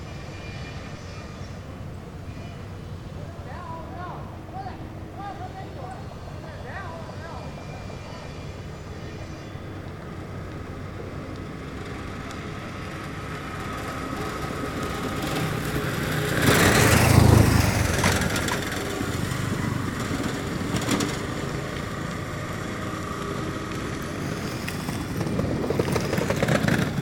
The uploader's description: Tractor traffic. Construction site.